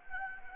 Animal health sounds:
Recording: mosquito wingbeat signal from an infrared sensor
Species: Anopheles gambiae

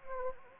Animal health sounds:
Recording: mosquito wingbeat signal from an infrared sensor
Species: Anopheles gambiae

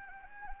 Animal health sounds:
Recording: mosquito wingbeat signal from an infrared sensor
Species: Anopheles arabiensis

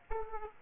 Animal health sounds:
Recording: mosquito wingbeat signal from an infrared sensor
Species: Aedes aegypti

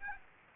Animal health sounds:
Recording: mosquito wingbeat signal from an infrared sensor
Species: Aedes aegypti

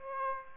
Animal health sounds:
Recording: mosquito wingbeat signal from an infrared sensor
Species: Aedes aegypti

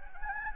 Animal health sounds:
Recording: mosquito wingbeat signal from an infrared sensor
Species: Anopheles gambiae

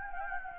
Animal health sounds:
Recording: mosquito wingbeat signal from an infrared sensor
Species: Anopheles gambiae

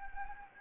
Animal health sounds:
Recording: mosquito wingbeat signal from an infrared sensor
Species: Anopheles gambiae

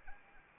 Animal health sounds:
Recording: mosquito wingbeat signal from an infrared sensor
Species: Anopheles arabiensis

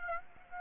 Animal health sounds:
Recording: mosquito wingbeat signal from an infrared sensor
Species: Aedes aegypti

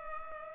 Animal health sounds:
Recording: mosquito wingbeat signal from an infrared sensor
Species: Culex pipiens

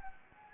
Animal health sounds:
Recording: mosquito wingbeat signal from an infrared sensor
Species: Anopheles gambiae

